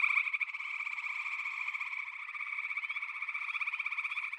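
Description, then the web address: Frogs calling together in a continuous, rapidly pulsed chorus, rising slightly in intensity toward the close. "Echoes of Nature - Frog Chorus"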